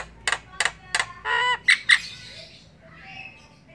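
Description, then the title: Javan myna giving a few harsh rasping notes and a buzzy squawk, then two short notes, followed by fainter sounds. Javan myna in ngoceh, a chattering song style. "Jalak Kebo Ngoceh"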